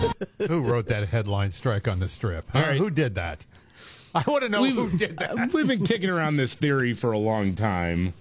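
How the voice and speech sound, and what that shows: An adult male radio host speaks fluently in clear, lively conversational speech with normal pitch variation, in laid-back banter; no speech disorder is heard.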